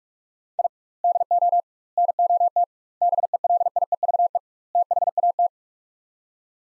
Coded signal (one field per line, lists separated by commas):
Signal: Morse code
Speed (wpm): 44 wpm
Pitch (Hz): 700 Hz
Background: none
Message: I DO NOT BELIEVE THAT